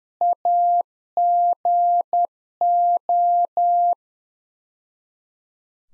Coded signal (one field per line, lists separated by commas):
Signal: Morse code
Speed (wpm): 10 wpm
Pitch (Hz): 700 Hz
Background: none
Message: AGO